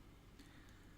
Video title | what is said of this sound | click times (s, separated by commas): Chainmaille and scaperboard cottage pt 2 in one broadcast - Originally twitch broadcast 6 July 2015 | click you heard is just the the two ends of the ring just passing each other but that click is actually a good thing | 0.4 s